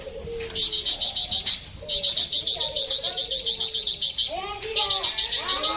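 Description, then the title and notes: Streaked spiderhunter singing fast runs of sharp, high repeated chips, broken by short pauses, while lower soft warbling notes sound in the background. Recording meant for tutoring birds; long, clear, vigorous singing. "Pijantung Gunung Gacor Jernih Panjang. Masteran burung"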